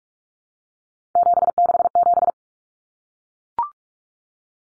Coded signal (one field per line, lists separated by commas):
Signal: Morse code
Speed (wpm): 44 wpm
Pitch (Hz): 700 Hz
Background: none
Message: 767